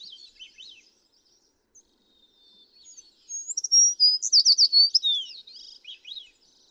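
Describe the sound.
American tree sparrow song: soft twittering notes, then a loud phrase of clear high whistles breaking into a fast sweet jumble and falling slur, with quiet chips after.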